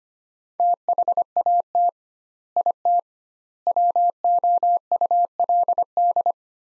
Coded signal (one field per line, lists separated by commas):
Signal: Morse code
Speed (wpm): 25 wpm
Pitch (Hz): 700 Hz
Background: none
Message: THAT IT WOULD